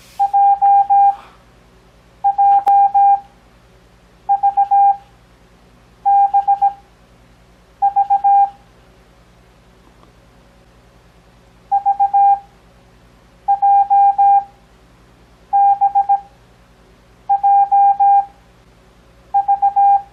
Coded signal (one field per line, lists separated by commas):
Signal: Morse code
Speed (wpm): 17 wpm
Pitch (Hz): 800 Hz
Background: none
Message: JJVBV VJBJV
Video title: Copy Morse Code 2nd Grade